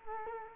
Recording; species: mosquito wingbeat signal from an infrared sensor; Culex quinquefasciatus